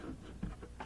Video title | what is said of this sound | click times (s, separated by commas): 💡Whirlpool Fridge with Dim Lights - Easy DIY Fix ✨ | locks in, and you'll have a nice bright light again. | 0.4 s, 0.8 s